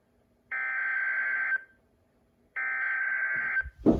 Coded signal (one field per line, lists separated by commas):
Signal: Emergency Alert System (SAME) tones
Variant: header bursts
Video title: CRP Required Weekly Test on WXK26 (EAS #232)